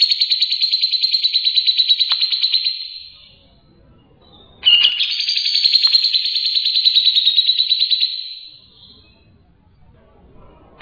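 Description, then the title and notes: Songbird singing two long, high, fast-trilled phrases, each a few seconds long, separated by a pause with quiet low background noise. Birdsong used for training pet birds. "Suara Burung. Suara Kicauan Burung untuk memaster burung kesayangan"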